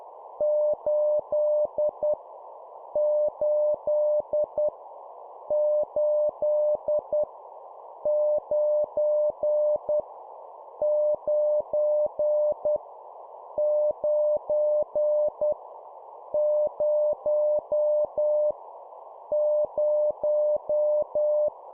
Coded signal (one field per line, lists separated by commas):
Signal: Morse code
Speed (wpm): 10 wpm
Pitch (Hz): 600 Hz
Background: none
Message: 8 8 8 9 9 9 0 0